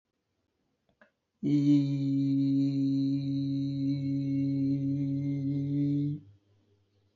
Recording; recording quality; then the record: sustained vowel as in beet; excellent, no background noise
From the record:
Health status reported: healthy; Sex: male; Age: 27 years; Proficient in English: yes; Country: India